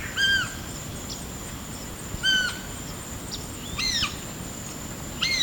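Blue-naped parrot giving loud, ringing squawks that arch up and drop, four calls a second or two apart, with a constant faint high whine.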